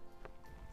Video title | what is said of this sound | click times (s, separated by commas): Saint Seiya - miketigra - SHURA du CAPRICORNE 1/6 - FOC STUDIO tranche le GAME avec EXCALIBUR !!! | on a entendu le petit clip clips | 0.2 s